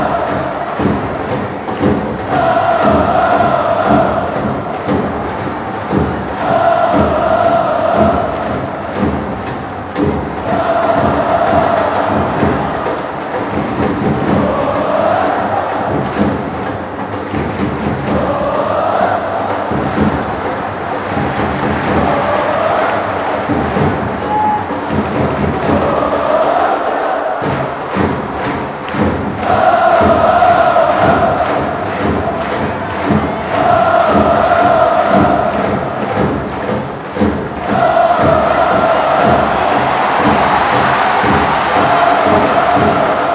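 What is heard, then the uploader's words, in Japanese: Football supporters chant a familiar stadium cheer from high in the stands, a dense crowd singing in rhythmic unison. The chant repeats in phrases of about four seconds with steady percussive thumps beneath, loud and continuous throughout, swelling slightly near the end. 鹿島アントラーズvs大宮アルディージャ。県立カシマサッカースタジアム2Bゾーン鹿島サポーターよりの最上段付近。ローランドR-09。AGC：OFF、EXT MIC TYPE：STEREO、LOW CUT：ON、MIC GAIN：LOW。定番の応援です。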